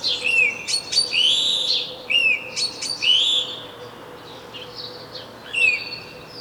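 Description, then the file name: House sparrow chirping, a quick run of bright cheeps bunched in short bursts, then softer chirps and one last louder chirp near the end; a faint steady hum underneath. "Passer domesticus"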